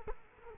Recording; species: mosquito wingbeat signal from an infrared sensor; Culex quinquefasciatus